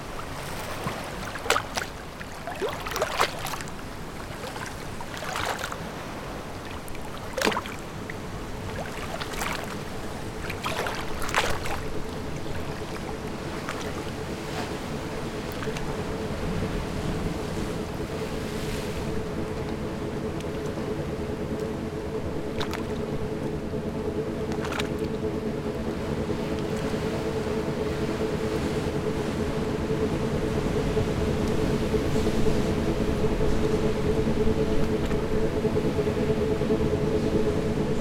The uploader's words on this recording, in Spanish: El Mar. Escuchen este paisaje sonoro realizado con sonidos acuáticos.